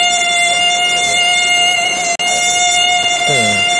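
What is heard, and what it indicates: A steady, piercing, buzzy whine holds at a fixed pitch with bright, hissing overtones, broken only by a split-second cut about halfway through; a faint voice enters near the end. This is a simulated tinnitus sound, a constant tonal ringing like that heard in the ears, the last of five tinnitus sounds in a series.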